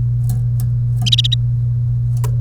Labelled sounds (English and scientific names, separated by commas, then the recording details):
Domestic Canary (Serinus canaria) song
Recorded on 1 May 2018 at 12:13
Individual llb3